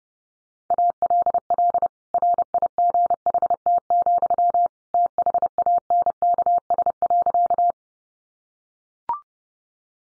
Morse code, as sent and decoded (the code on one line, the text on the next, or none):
.- .-.. .-.. / .-. .. --. .... - --..-- / - .... .- -. -.- ... .-.-.-
ALL RIGHT, THANKS.